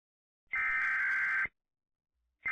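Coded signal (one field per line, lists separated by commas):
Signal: Emergency Alert System (SAME) tones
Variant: header bursts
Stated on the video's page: Made-up EAS scenario, a simulated dust storm alert.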